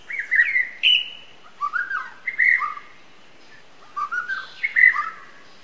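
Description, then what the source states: White-rumped shama singing short, clear whistled phrases with sliding notes, separated by brief pauses and varied from phrase to phrase. Wild forest bird, singing.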